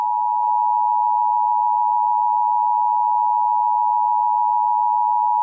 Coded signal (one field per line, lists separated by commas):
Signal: Emergency Alert System (SAME) tones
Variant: 853 and 960 Hz attention tone